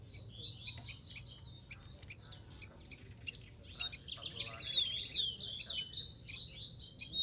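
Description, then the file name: Rufous-collared sparrow song in a hissy background: thin high notes, then descending whistles over a brief buzzy trill late. "canto do tico tico"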